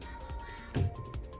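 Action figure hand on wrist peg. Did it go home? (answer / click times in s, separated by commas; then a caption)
released / 0.8 s. The left hand of a plastic S.H.Figuarts action figure is pulled off its ball-jointed wrist peg so it can be swapped. Against steady background music, a short pop at 0.8 s marks the hand coming off, and the hand is released from the peg.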